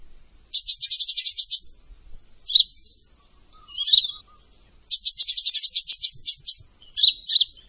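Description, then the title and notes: Olive-backed sunbird song opening with a fast, even trill of high ticking notes, then a few squeaky chirps, then another rapid trill and more chirps. Used as a lure for training birds; described as gacor, with full isian and tembakan song elements. "MASTERAN KOLIBRI NINJA FULL ISIAN DAN TEMBAKAN COCOK BUAT PANCINGAN. Suara Burung Kolibri Ninja Gacor"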